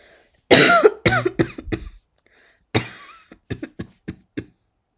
Cough.